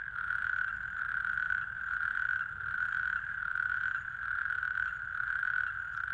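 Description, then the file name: Natterjack toad giving a continuous rattling churr that swells and eases repeatedly, with a low rumble beneath. "crapaud calamite"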